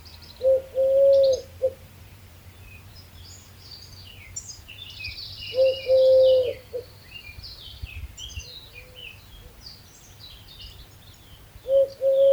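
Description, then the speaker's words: Eurasian Collared Dove cooing, a low three-part coo repeated every few seconds, with other birds chirping higher. Introduced to North America in the 1970s and spread across the continent; cooing; tone more upbeat than the mourning dove's. "Here's the Eurasian collared dove. You'll hear the cooing sounds it makes, as well as the so-called excitement cry."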